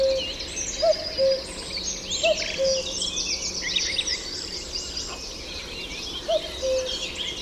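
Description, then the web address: Common cuckoo cu-coo calls, a few spaced two-note phrases with a gap in the middle, under loud twittering songbirds and background noise. "chant didier collin coucou gris"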